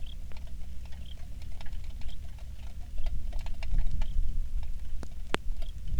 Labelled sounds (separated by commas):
songbird, rain